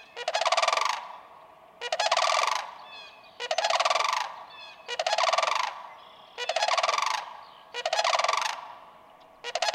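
Sandhill crane calling steadily, loud rattling bugles about every one and a half seconds, seven bursts.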